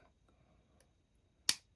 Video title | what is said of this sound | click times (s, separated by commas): Blokees Defender Bruticus Combining Upgrade Kit Build | Okay. Satisfying snap. | 1.5 s